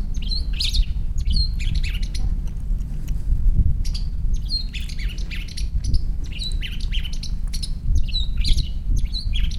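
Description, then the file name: Long-tailed shrike giving harsh squawky notes mixed with short chirps in irregular bursts, over a low rumbling background. "shrike-long-tailed -Lanius-schach"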